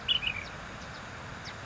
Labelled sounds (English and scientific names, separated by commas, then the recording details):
Ash-throated Flycatcher (Myiarchus cinerascens)
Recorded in Sonoma County, California